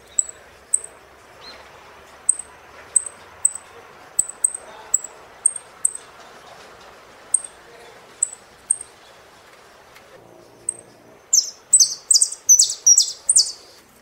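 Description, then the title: Saffron finch with short thin high notes at irregular intervals for most, then a closing series of loud, harsh, buzzy chirps. "Jilguero Argentino"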